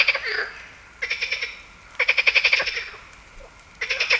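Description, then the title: Marsh frog calls: rapid rattling bursts of clicking pulses, each lasting about half a second, repeated several times with brief pauses between. Heviz, Hungary. "Heviz, Grenouille rieuse"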